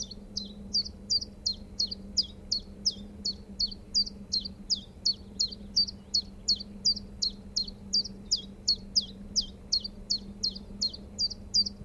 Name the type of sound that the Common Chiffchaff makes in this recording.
song